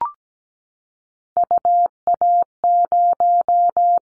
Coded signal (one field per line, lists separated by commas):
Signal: Morse code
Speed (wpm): 17 wpm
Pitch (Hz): 700 Hz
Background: none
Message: UA0